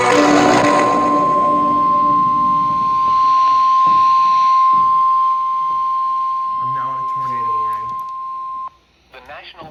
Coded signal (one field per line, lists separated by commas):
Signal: Emergency Alert System (SAME) tones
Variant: 1050 Hz attention tone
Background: speech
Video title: SVR FOR ME and WEA TOR!!!! EAS#256